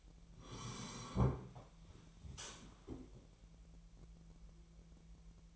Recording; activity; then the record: daily activity, microphone in the room; sit down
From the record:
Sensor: 1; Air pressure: 1001.6 hPa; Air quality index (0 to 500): 249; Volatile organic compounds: 123 ppm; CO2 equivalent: 3893 ppm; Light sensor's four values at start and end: 13/32/13/14 and 13/31/13/14